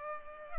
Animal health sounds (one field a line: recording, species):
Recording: mosquito wingbeat signal from an infrared sensor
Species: Culex pipiens